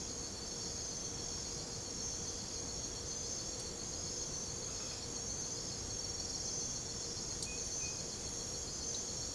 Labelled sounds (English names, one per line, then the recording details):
none
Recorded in secondary vegetation near Puerto Asís, Putumayo, Colombia, on 22 December 2024 at 03:30
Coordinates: 0.489, -76.322
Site G059